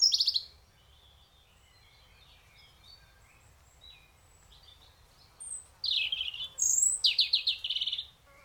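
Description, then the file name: European robin song: a loud note at the start, then quiet thin high phrases, then a loud burst of fast buzzy trills and warbled notes in the last three seconds. "Erithacus rubecula"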